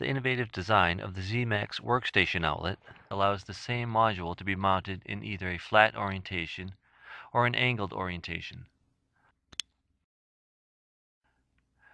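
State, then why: Seated. Someone talks for most of the clip while a plastic Z-MAX data outlet module is mounted in flat orientation into a workstation outlet housing and faceplate. After the talking stops, a short, sharp click is heard at 9.6 seconds as the outlet locks into the faceplate and is seated.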